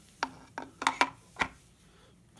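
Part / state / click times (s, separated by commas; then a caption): eyepiece into spotting scope bayonet mount / seated / 0.9 s. An eyepiece is lined up by its index marker with the arrow on the body of a Carl Zeiss Victory Diascope 20-75x85 T* FL spotting scope, then inserted and turned in its metal bayonet mount. A series of short, sharp clicks and taps sounds between 0.2 and 1.4 seconds. The bayonet latches at 0.9 seconds, locking the eyepiece in place so it will not come off.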